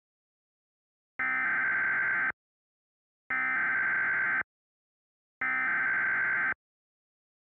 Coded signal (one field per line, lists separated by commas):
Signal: Emergency Alert System (SAME) tones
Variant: header bursts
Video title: Fractured - An EAS Scenario / Analog Horror